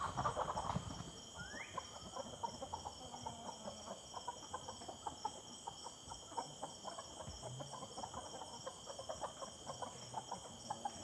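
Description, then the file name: Chickens cluck loudly at the start, then keep up a string of quick clucks over steady high tones and a single rising bird note. Evening ambience in the yard of the Simão Correa headquarters, with chickens and birds in the background, rural setting. "Ambiencia do Entardecer Quintal da Sede Simao Correa com Galinhas e Passaros ao Fundo"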